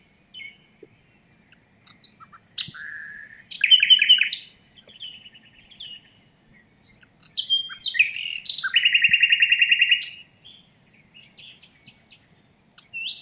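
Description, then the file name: Common nightingale song with scattered soft notes, then loud rapid trills and a long rattling repeated phrase, with quiet gaps between. "Luscinia megarhynchos"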